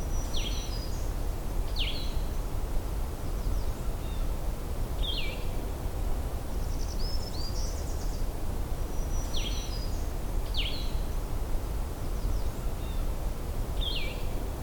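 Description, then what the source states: Blue-headed Vireo song: clear slurred whistled phrases separated by pauses, with a high, buzzy warbler song in between, over constant low noise. Recorded alongside a black-throated green warbler singing in the same recording.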